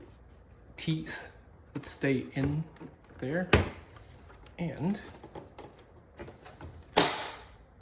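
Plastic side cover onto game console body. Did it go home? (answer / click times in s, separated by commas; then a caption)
yes / 7.0 s. Someone talks while the first plastic side cover of a PS5 console is lined up so its teeth engage, then slid along the console body with a few faint scrapes and ticks. A sharp, loud pop at 7.0 s marks the cover snapping home at the corner, showing it is fully seated back on.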